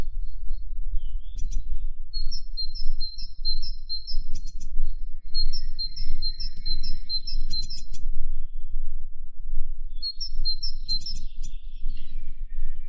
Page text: Звуки птиц - Большая синица